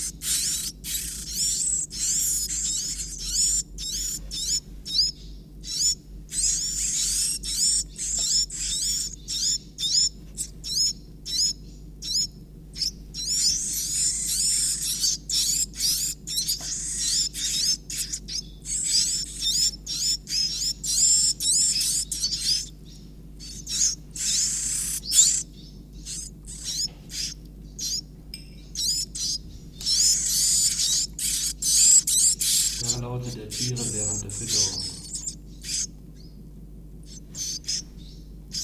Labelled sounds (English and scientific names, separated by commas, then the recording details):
Iberian Chiffchaff (Phylloscopus ibericus) call
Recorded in captivity
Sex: group
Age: juvenile
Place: Zoologisches Institut Universität Tübingen, Baden-Württemberg, DE
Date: 1964-06-16 14:15
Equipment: Nagra III PH, dynamisches Mikrophon, LGS26
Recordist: Schneider, Hans-Joachim